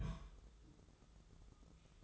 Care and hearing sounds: daily activity, microphone in the room; place on stove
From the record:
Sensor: 3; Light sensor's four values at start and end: 24/75/31/26 and 24/74/31/26

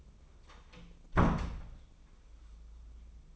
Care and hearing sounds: daily activity, microphone in the room; close door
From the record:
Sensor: 1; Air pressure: 1004.8 hPa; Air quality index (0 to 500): 75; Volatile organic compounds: 2 ppm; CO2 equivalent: 1008 ppm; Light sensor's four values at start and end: 10/24/9/10 and 9/23/9/10

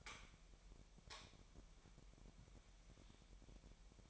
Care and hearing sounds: daily activity, microphone in the room; light on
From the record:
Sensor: 1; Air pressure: 1012.0 hPa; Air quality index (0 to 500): 232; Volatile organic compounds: 6 ppm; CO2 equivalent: 1847 ppm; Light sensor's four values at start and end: 13/30/13/14 and 16/45/18/20

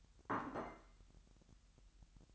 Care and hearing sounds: daily activity, microphone in the room; place plate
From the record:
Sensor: 3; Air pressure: 1002.0 hPa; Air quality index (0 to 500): 247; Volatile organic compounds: 51 ppm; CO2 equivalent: 3311 ppm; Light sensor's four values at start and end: 12/36/16/13 and 12/37/16/13

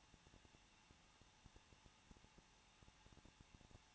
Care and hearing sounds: daily activity, microphone in the room; no activity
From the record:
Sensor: 1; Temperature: 20.1 degrees Celsius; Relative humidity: 39.1%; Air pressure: 1006.4 hPa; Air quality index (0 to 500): 216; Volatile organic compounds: 74 ppm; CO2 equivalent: 3553 ppm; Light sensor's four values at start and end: 1/2/1/1 and 1/2/1/1

